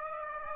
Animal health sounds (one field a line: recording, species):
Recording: mosquito wingbeat signal from an infrared sensor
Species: Aedes aegypti